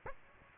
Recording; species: mosquito wingbeat signal from an infrared sensor; Aedes aegypti